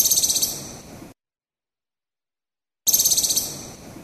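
Moluccan woodcock calling twice: each call a fast stutter of rasping high notes that tails off over about a second, with a silent gap between.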